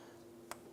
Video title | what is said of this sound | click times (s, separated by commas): How to Replace Exhaust Manifold Bolt Kit 1997-2006 Jeep Wrangler | push that on so you feel that snap into place | 0.5 s